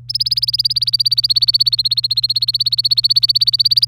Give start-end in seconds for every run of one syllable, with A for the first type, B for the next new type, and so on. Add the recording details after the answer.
0.09-3.87 A. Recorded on 26 April 2018 at 15:10. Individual llb3